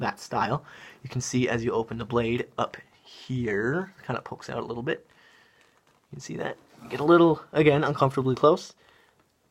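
A man talks while handling a Kershaw folding knife with a mid-lock mechanism, opening the blade in its handle lock. Only faint handling sounds are heard under the speech. Nothing has seated or clicked yet, and the blade has not snapped into place by the end.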